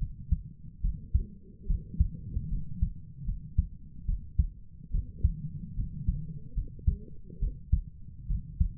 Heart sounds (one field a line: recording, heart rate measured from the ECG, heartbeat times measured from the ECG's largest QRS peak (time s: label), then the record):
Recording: heart sounds by stethoscope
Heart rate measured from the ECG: 72 bpm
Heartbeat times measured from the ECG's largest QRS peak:
0.82 s: heartbeat
1.68 s: heartbeat
2.50 s: heartbeat
3.26 s: heartbeat
4.06 s: heartbeat
4.92 s: heartbeat
5.76 s: heartbeat
6.55 s: heartbeat
7.40 s: heartbeat
8.28 s: heartbeat
From the record:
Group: healthy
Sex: female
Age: 22 years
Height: 160 cm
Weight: 63 kg